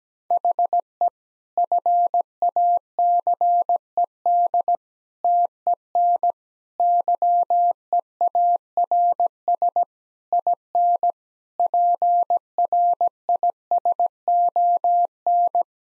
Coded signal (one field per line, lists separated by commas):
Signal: Morse code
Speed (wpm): 17 wpm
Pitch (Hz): 700 Hz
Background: none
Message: HE FACED TEN YEARS IN PRISON